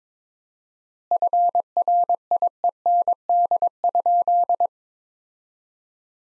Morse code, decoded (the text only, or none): FRIEND?